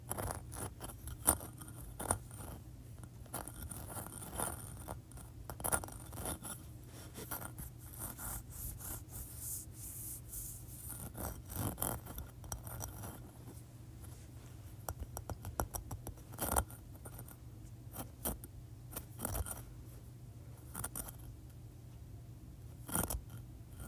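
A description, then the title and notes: A large textured sea shell is handled, giving dry scrapes and sharp clicks in irregular bursts over a steady low hum. ASMR Large Textured Sea Shell.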